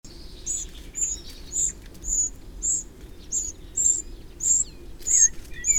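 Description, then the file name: Eurasian wren giving a series of piercing high ticks, with a few thin sliding whistles near the end. "Troglodytes troglodytes"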